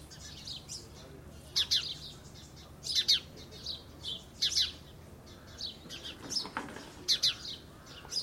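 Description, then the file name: House sparrow calling with sharp, repeated chirps, sometimes doubled, spaced unevenly throughout over low background noise. "Passer domesticus"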